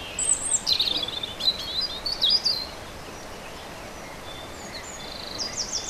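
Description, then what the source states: European robin song: a rush of high, thin, varied warbling phrases over the first two and a half seconds, then near quiet with a faint high phrase at the end. Recorded 27 April 2011.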